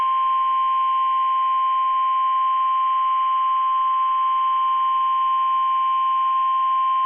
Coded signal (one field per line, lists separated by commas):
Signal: Emergency Alert System (SAME) tones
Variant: 1050 Hz attention tone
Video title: EAS #4